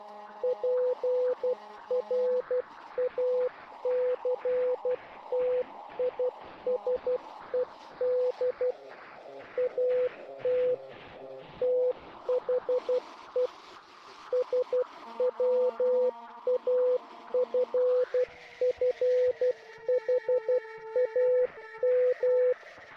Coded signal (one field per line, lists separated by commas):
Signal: Morse code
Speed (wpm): 12 wpm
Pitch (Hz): 500 Hz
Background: none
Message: PRACTISED AT THE SWAFFHAM